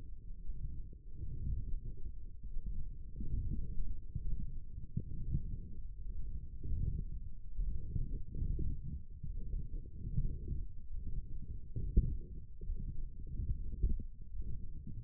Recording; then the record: forearm muscle sounds (acoustic myography)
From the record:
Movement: forearm supination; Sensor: system 1, eight BSWA MPA416 microphones around the upper forearm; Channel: 2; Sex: male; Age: 20 years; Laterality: left